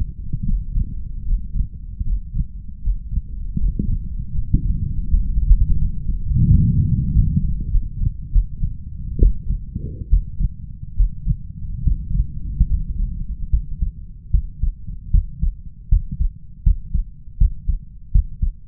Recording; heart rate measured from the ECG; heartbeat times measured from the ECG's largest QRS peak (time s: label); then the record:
heart sounds by stethoscope; 78 bpm
0.46 s: heartbeat
1.25 s: heartbeat
2.04 s: heartbeat
2.81 s: heartbeat
3.58 s: heartbeat
4.33 s: heartbeat
5.06 s: heartbeat
5.77 s: heartbeat
6.47 s: heartbeat
7.11 s: heartbeat
7.70 s: heartbeat
8.31 s: heartbeat
9.18 s: heartbeat
10.08 s: heartbeat
10.95 s: heartbeat
11.82 s: heartbeat
12.67 s: heartbeat
13.50 s: heartbeat
14.30 s: heartbeat
15.10 s: heartbeat
15.89 s: heartbeat
16.63 s: heartbeat
17.37 s: heartbeat
18.11 s: heartbeat
From the record:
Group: healthy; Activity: rest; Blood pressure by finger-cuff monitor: 126/87 mmHg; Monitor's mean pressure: 98 mmHg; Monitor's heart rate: 78 bpm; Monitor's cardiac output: 5.7 L/min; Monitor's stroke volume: 72 mL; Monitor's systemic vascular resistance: 1270 dyn s/cm5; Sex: male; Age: 21 years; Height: 180 cm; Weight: 67.5 kg